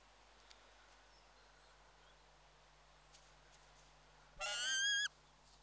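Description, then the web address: Peregrine falcon giving a single loud, harsh, drawn-out call lasting under a second after a stretch of quiet background hiss. "The BBC Sound Effects Library. Peregrine Falcon"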